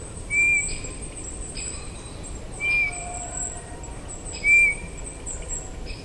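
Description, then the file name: Eurasian bullfinch giving soft, short piping whistles, three notes about two seconds apart, over a steady high hiss. "Pyrrhula pyrrhula"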